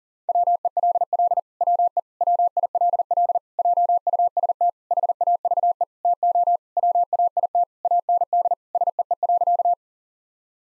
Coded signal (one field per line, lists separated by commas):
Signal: Morse code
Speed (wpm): 37 wpm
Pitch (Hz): 700 Hz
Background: none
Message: WELL WE WILL JUST HAVE TO WAIT AND SEE.